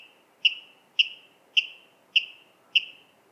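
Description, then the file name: Water rail repeating a crisp, metallic call note five times at an even pace of roughly two notes per second. "Waterral Rallus aquaticus"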